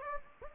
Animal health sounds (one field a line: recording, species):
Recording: mosquito wingbeat signal from an infrared sensor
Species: Anopheles gambiae